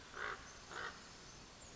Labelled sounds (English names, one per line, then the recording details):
Common Raven
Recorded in Sonoma County, California